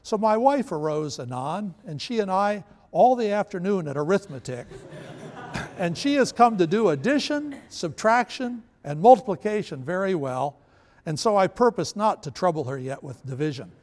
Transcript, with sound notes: So my wife arose anon and she and I all the afternoon at arithmetique," [laughter] "and she has come to do Addition, Subtraction and Multiplicacion very well, and so I purpose not to trouble her yet with Division…"